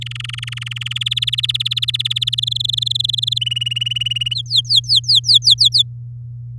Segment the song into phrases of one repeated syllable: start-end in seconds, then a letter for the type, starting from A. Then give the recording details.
0.01-0.98 A, 1.01-2.35 B, 2.38-3.38 C, 3.41-4.34 D, 4.35-5.82 E. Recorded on 10 May 2018 at 08:09. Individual llb16